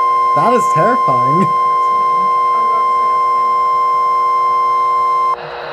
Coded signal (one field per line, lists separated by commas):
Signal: Emergency Alert System (SAME) tones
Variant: 1050 Hz attention tone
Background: speech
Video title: Welcome to Vegas! (EAS alerts from July 25-28, 2022, EAS 1,005-1,023)